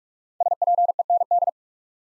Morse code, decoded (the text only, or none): SPEND